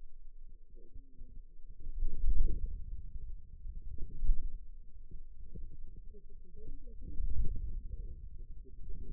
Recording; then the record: forearm muscle sounds (acoustic myography)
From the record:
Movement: inward rotation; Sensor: system 2, bracelet of six BSWA MPA416 microphones around the upper forearm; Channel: 3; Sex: female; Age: 21 years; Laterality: right